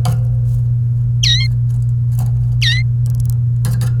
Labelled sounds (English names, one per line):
Domestic Canary song